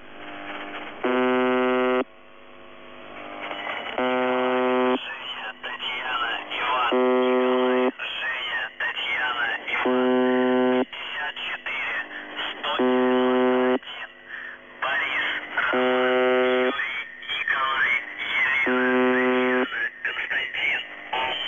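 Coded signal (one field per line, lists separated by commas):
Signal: channel marker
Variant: UVB-76, The Buzzer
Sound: repeated harsh one-second buzzes, about eight in the clip, with a voice speaking between them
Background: radio static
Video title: [UVB-76, The Buzzer] Voice Message (but the marker doesn't stop); 11. January 2021, 12:45 UTC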